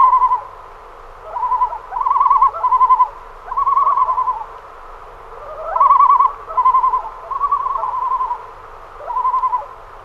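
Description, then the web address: Common loon tremolo: rapid laughing, quavering phrases repeated in several bursts with short pauses between. "great northern loon"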